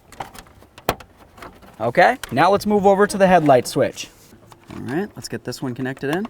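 A blue plastic wiring harness connector is pushed into its steering column switch socket on a 1994-2004 Chevy S-10 during an ignition lock cylinder replacement. A few faint handling ticks lead up to a sharp click at 0.9 s as the connector seats. Someone talks afterward.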